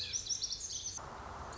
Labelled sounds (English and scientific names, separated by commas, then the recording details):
Lazuli Bunting (Passerina amoena)
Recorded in Sonoma County, California